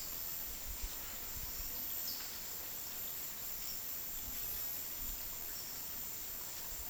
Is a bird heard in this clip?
no